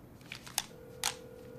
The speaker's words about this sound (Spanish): Ella marca un número de teléfono.